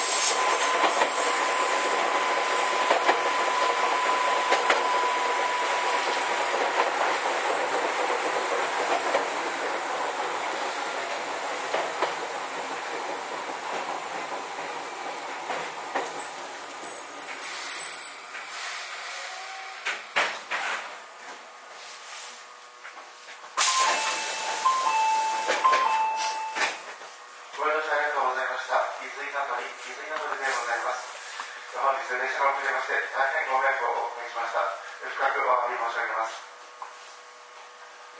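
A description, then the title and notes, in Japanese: Riding aboard an Izukyu 8000 series train between Izu-Kogen and Izukyu-Shimoda, a steady rumbling roar fills the first twenty seconds, with a faint tone running through it, then gradually quiets. After a brief burst of noise near 24 seconds, a voice speaks in pulsing phrases until the end. 伊豆急8000系 伊豆高原〜伊豆急下田。全編成が３両編成でJR伊東線の熱海〜伊豆急の伊豆高原は3＋3の6両編成で運転。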